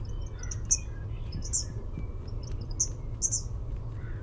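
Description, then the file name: Eastern kingbird producing quick, high, squeaky sputtering notes in small clusters over a low background rumble. "EAKI RRV"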